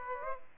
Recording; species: mosquito wingbeat signal from an infrared sensor; Aedes aegypti